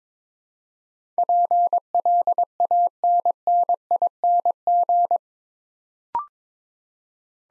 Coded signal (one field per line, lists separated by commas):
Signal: Morse code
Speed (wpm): 21 wpm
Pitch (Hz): 700 Hz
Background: none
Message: PLANNING